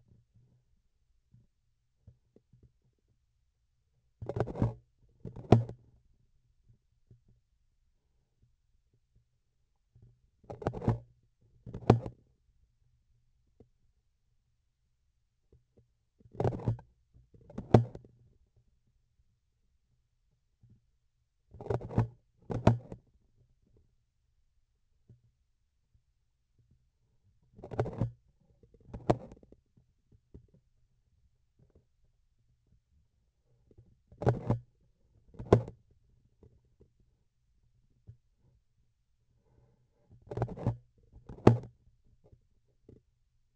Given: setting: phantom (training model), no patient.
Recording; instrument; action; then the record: laparoscopic instrument, vibration sensor on the handle end; grasping forceps; opening and closing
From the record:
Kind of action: tool actuation without material contact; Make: other than Olympus